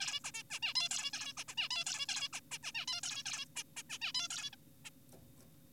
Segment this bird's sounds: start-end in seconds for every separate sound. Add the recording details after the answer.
0.01-0.20, 0.24-0.31, 0.34-0.43, 0.51-0.59, 0.63-0.73, 0.75-0.89, 0.91-1.11, 1.13-1.33, 1.37-1.44, 1.48-1.54, 1.57-1.69, 1.71-1.84, 1.87-2.07, 2.09-2.29, 2.33-2.40, 2.51-2.58, 2.63-2.72, 2.75-2.86, 2.88-3.01, 3.03-3.23, 3.25-3.45, 3.56-3.63, 3.77-3.83, 3.90-3.98, 4.01-4.12, 4.15-4.28, 4.31-4.50, 4.53-4.56, 4.85-4.90. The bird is an adult. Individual g4p5U